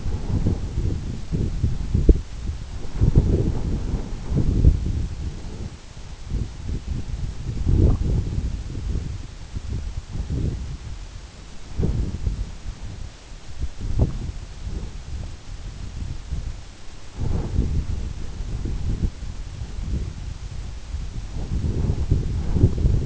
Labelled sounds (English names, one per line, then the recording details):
none
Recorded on Arctic tundra, site EABA-1, on 26 June 2018
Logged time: 00:00